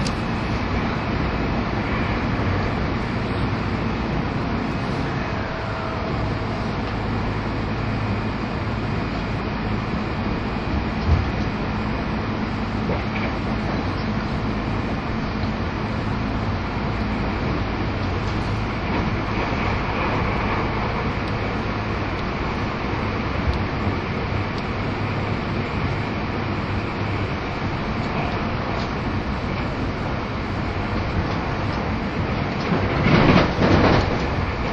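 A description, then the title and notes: A train runs steadily, a dense low rumble and rolling hiss filling the whole stretch with little change in level. Faint tones and small clunks surface now and then, and a brighter rattling swell rises near the end. 北陸特急の主力車両の一つが683系です。 名古屋発着となる＂しらさぎ14号＂の列車走行音(静止画)です。 富山〜名古屋. The train running sound of Shirasagi No. 14.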